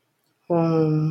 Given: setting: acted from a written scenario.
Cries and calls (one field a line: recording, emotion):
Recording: vocal sound without words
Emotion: serenity